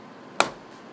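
A plastic back cover clip is pressed into the housing of an Amazon Kindle e-reader being reassembled after a repair for not charging, with pressure applied along the edge of the cover. A single sharp snap sounds at 0.4 s against quiet background. The clip seats, and the pressing continues until no gaps are left along the sides.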